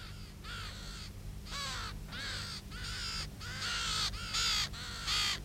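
Two ravens caw in a steady run of about seven harsh, raspy calls, each lasting roughly half a second, loud and unbroken by any talking, over a faint low hum.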